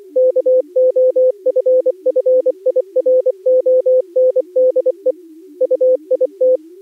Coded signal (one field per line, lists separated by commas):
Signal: Morse code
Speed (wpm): 18 wpm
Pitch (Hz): 510 Hz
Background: music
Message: KOFFIRONDE UIT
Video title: Daily Minutes, January 4, 2016, with contestia